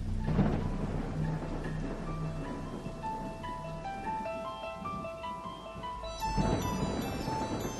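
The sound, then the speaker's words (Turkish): Steady rain hisses throughout, with deep rolling thunder rumbling early on and again near the end, while a soft melodic tone drifts faintly over the downpour. “Yağmurda durmak bilmiyor.”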